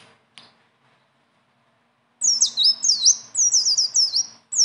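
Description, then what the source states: Leafbird song: a fast, chattering string of high down-slurred whistles repeated in quick succession after a quiet start. Training song (masteran); bird singing persistently (gacor) in a rolling style (ngeroll) with fill-in phrases (isian).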